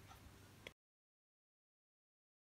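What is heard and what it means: A metal open toe presser foot with a snap-on bar is clipped onto a sewing machine's presser foot holder. Low background noise is broken by a single short, sharp click at 0.7 s, then the sound cuts to silence. The foot is seated on the holder.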